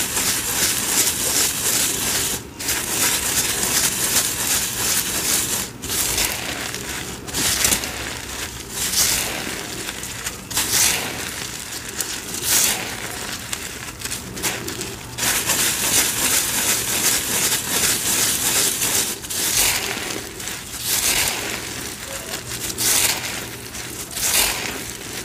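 Cornstarch and chalk powder are sifted and mixed in a steady, dense hiss of soft crunching, with brighter swishing bursts every few seconds.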